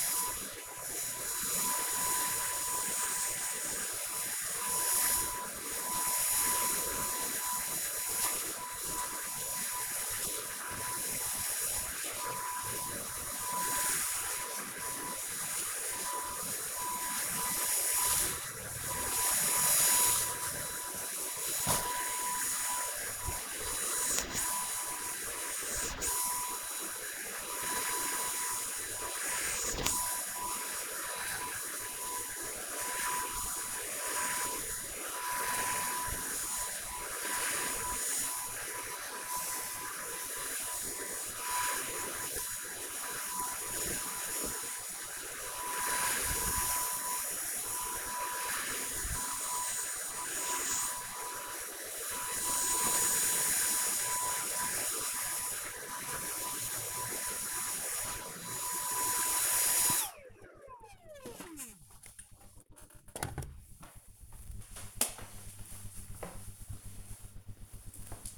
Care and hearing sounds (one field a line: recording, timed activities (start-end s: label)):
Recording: household activities, microphone on the right wrist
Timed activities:
0.00-60.36 s: vacuum cleaning